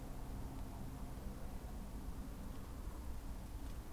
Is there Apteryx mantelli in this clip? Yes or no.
no